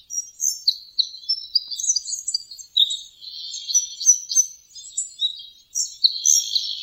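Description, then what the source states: Red Crossbill calls, a busy run of short high chirps and twitters from a flock. Flock in a park surrounded by a residential area in Kitami, Hokkaido, Japan.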